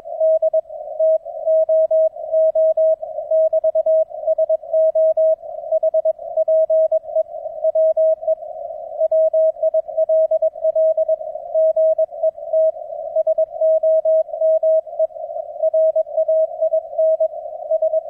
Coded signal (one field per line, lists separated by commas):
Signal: Morse code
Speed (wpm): 22 wpm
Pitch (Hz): 640 Hz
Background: none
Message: DTOO <BT> SO HPE WE WILL GET SOME RAINS